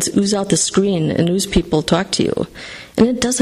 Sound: none